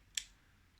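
A plastic lock on the pivoting head of a Remington F4 Style Series F4000 shaver is released from its default locked position on the shaver body. It gives a single sharp, bright click at 0.2 s that fades quickly into low background noise. The head is left unlocked.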